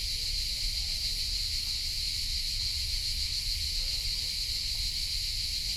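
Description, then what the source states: Crickets in full chorus: a continuous, high-pitched shrilling from many insects at once, unbroken from start to end, over a faint low background hum. Hundreds of crickets and cicadas in a pine grove in Collserola, in the morning at over 30 °C, in binaural audio.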